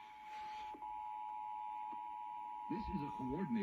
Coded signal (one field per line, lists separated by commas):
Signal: Emergency Alert System (SAME) tones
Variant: 853 and 960 Hz attention tone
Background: speech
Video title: EAS 631-632 - RMT on WASH and WBIG